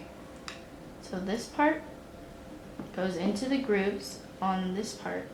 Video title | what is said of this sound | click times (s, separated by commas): Oakley Crankshaft OO9239 Replacement Tutorial - How to Install New Lenses | and you just push and you should hear a click | 0.5 s